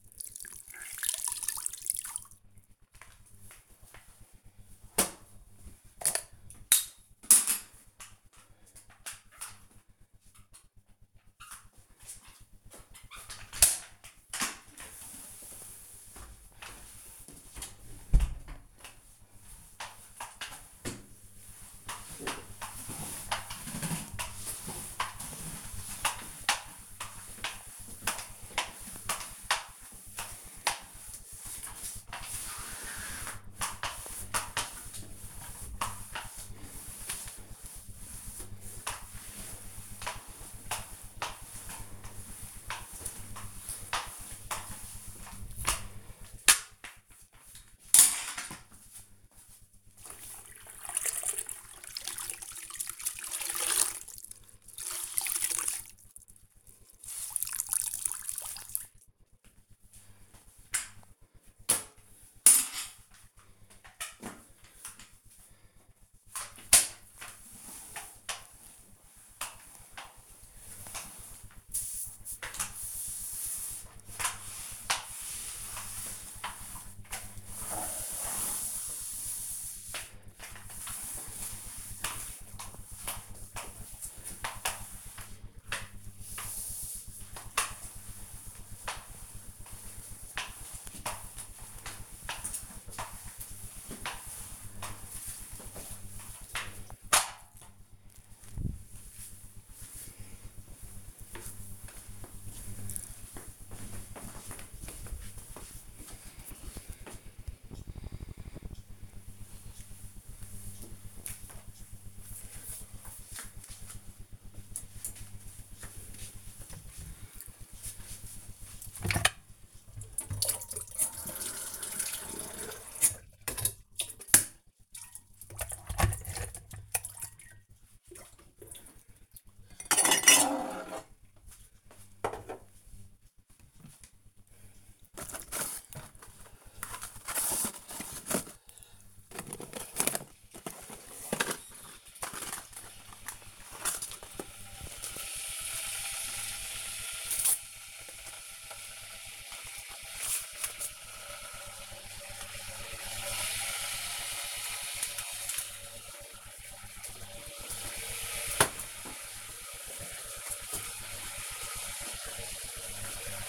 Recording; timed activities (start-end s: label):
household activities, microphone on the right wrist
0.00-96.68 s: floor cleaning
118.85-163.49 s: making tea